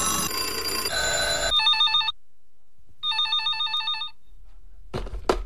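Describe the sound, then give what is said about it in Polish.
A radio station's newsroom telephone rings twice in warbling electronic bursts, each lasting about a second, following a loud snatch of music; a short clattering noise comes at the end, like the receiver being lifted. “Nasz redakcyjny telefon czeka.”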